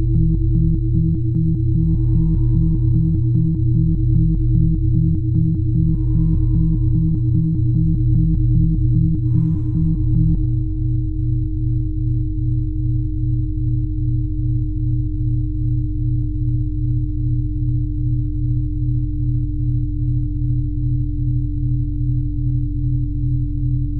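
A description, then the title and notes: Binaural tones form a steady, low hum with a fixed, clear pitch held throughout. For the first ten seconds a fast, regular throbbing pulses beneath it, with three soft whooshing swells around 2, 6 and 9 seconds; afterward the pulse smooths into a calmer, even drone. Binaural Tones.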